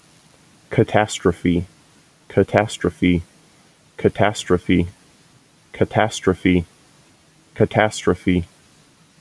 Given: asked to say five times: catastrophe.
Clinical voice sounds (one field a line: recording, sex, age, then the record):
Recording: repeated word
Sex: male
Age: 30 to 39 years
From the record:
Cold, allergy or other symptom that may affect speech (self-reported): no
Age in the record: 33 years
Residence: Pennsylvania, United States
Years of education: 14